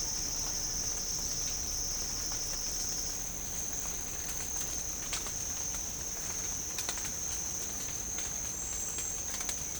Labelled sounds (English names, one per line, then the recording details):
none
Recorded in pastures near Puerto Asís, Putumayo, Colombia, on 22 December 2024 at 07:00
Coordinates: 0.496, -76.326
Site G004